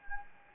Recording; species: mosquito wingbeat signal from an infrared sensor; Anopheles gambiae